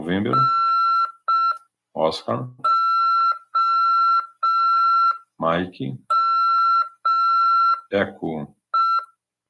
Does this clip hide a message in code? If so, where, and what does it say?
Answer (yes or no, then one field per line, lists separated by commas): yes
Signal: Morse code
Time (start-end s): 0.3-9.0 s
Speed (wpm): 5 wpm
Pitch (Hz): 1350 Hz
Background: speech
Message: NOME